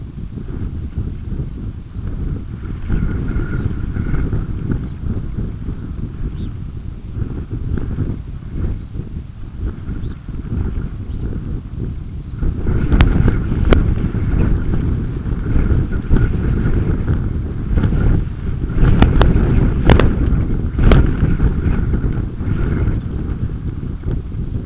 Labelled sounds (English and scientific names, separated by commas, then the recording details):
unidentified sound, Red Phalarope (Phalaropus fulicarius)
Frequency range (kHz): Red Phalarope (Phalaropus fulicarius) 2.4-4.7 kHz
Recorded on Arctic tundra, site UTQI-5, on 28 June 2018
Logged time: 00:00